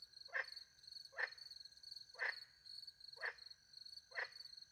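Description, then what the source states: Five coarse frog croaks at about one-second intervals, with a steady high cricket trill and faint low background noise. Night, countryside in France, beside a little pond, with crickets; microphones hidden in a tree, two Usi pro microphones into a Mixpre 10 II recorder.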